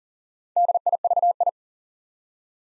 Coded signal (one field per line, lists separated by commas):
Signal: Morse code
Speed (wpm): 38 wpm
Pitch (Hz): 700 Hz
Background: none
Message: DIVI